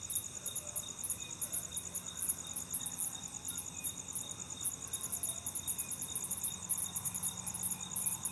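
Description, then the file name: Cricket chirps as quick high-pitched bursts of pulses, repeated irregularly, over a continuous thin whine and quiet background. "grillo"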